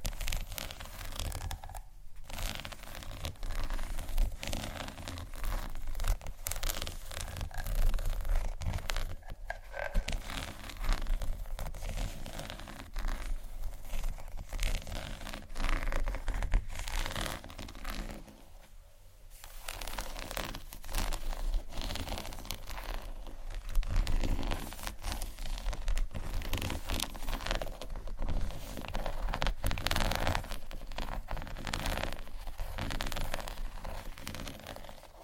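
Dense, scratchy tapping runs almost nonstop over a low steady hum, with brief pauses near 2, 9 and 19 seconds.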